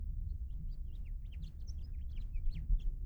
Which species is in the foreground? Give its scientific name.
Haemorhous mexicanus